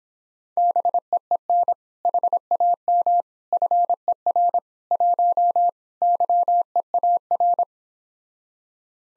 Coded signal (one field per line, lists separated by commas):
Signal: Morse code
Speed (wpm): 26 wpm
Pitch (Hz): 700 Hz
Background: none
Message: BEEN HAM FER 1 YEAR